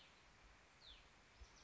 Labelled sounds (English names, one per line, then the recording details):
Hutton's Vireo
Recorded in Sonoma County, California